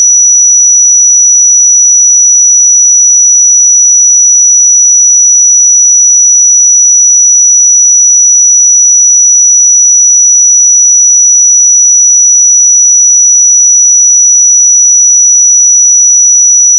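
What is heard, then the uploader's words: A pure 5884 Hz sine tone holds perfectly steady and high-pitched for the whole clip, unchanging in level, with silence beneath it. 5884 Hz 1 Hz Interval Sine Pure Tone Frequency 441000 Sample Mono.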